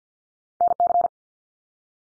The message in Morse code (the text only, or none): NC